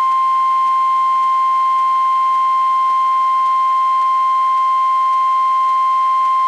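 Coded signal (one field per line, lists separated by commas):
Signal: Emergency Alert System (SAME) tones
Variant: 1050 Hz attention tone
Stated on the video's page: Required Monthly Tests from NWS Spokane for the Great Shakeout drill, relayed by NOAA Weather Radio, FM stream and TV via satellite receiver.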